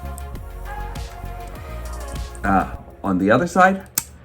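Someone talks over background music while handling a Transformers Alternity Optimus Prime (Convoy) transforming figure, getting ready to slide the plastic side panel on its other side into place. Only brief handling taps are heard. Nothing has seated or clicked yet.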